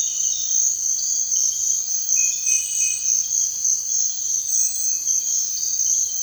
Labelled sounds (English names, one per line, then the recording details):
none
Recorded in dense forest near Puerto Asís, Putumayo, Colombia, on 26 December 2024 at 05:30
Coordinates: 0.468, -76.322
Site G071